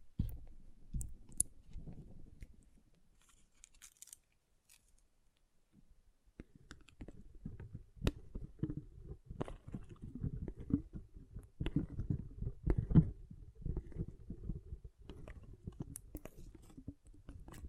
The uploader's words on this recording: ASMR Soothing & Deep Water Beads Sounds (No Talking).